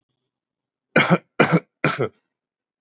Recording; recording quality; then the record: shallow voluntary cough; excellent, no background noise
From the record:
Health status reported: exposed to COVID-19, no respiratory illness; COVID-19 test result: negative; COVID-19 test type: RT-PCR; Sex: male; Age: 22 years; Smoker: no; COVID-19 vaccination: one dose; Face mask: worn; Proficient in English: yes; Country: India